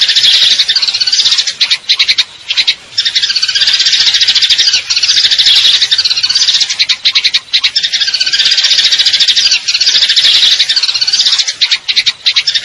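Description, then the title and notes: Eurasian tree sparrow trilling in long, fast, high chirp runs, broken by short gaps every few seconds. Fighting call with long trills; clear-sound masteran training recording for contest birds. "GEREJA TARUNG NEMBAK PANJANG SUARA JERNIH MASTERAN WAJIB BURUNG LOMBA. Burung Gereja"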